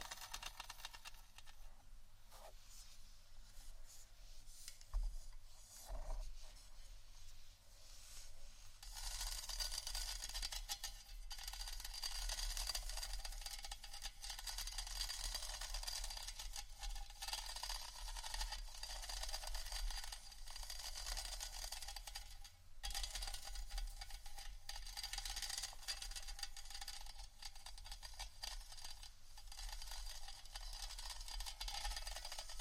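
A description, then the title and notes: Scratching and tapping on items, a dense bright rasp building after nine seconds and holding steady, with a low hum beneath and occasional taps. ASMR Scratchtap On Various Items （No Talking）.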